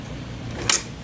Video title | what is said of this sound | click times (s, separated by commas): Dirtbike Transmission: Suzuki Style Shift Cam Stopper Detent Assembly and Testing | did you hear it and see it | 0.7 s